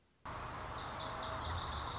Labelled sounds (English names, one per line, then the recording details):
Lazuli Bunting
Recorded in Sonoma County, California